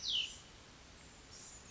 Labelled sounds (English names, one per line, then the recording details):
Cassin's Vireo
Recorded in Sonoma County, California